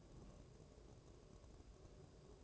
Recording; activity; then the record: daily activity, microphone in the room; take from stove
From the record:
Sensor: 2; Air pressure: 1008.0 hPa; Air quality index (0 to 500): 110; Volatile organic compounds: 1 ppm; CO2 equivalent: 823 ppm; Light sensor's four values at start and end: 6/15/6/6 and 6/15/6/6